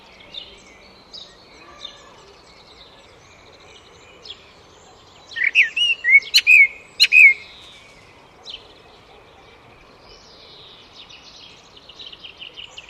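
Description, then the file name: Eurasian blackbird song: one clear phrase of warbled whistles and sharp squeaks in the middle, with faint twittering around it. "Turdus merula"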